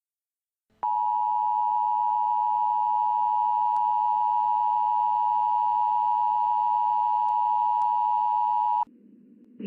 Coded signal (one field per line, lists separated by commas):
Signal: Emergency Alert System (SAME) tones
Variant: 853 and 960 Hz attention tone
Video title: Ice Storm Warning EAS in Wausau, Wisconsin